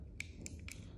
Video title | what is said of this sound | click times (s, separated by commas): Camera Giấu Kín Siêu Nhỏ A30 , Camera Siêu Nhỏ Không Dây Kết Nối Với Điện Thoại Từ Xa Mới Nhất | các bạn ấn vào nó sẽ kêu tạch một cái đây mọi người nhé. | 0.2 s